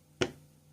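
A plastic divider is pushed into a slot on an MSTJRY 5-port USB charging station and snaps home with one sharp, bright click at 0.2 s. A short tail fades over a low steady hum, and the divider is seated.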